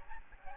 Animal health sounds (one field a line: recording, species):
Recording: mosquito wingbeat signal from an infrared sensor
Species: Aedes albopictus